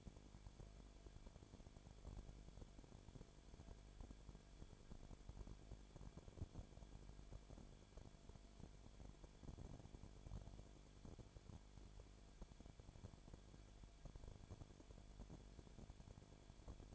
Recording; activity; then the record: daily activity, microphone in the room; no activity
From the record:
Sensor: 5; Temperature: 19.8 degrees Celsius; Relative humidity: 33.3%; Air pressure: 1001.4 hPa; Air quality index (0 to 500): 31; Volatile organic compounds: 1 ppm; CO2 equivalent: 524 ppm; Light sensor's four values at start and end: 2/3/1/1 and 2/3/1/1